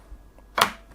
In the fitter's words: yep that locks into place actually that's quite